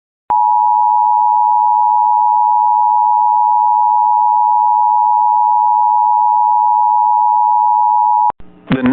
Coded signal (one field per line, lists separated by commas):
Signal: Emergency Alert System (SAME) tones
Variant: 853 and 960 Hz attention tone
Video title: EAS alert from 6/14/25